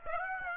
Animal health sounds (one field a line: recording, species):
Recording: mosquito wingbeat signal from an infrared sensor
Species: Aedes aegypti